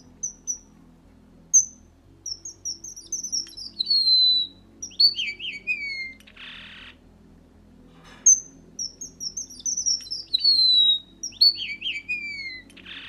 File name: Bengali vermelho